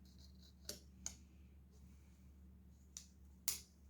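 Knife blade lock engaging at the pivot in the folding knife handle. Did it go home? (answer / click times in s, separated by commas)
yes / 3.5 s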